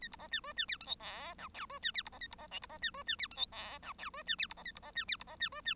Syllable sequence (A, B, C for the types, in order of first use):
A B C D E D F G H I J K E D F B C A B C L B C D E D F G H I J K E D F B C A B C D F B C D E D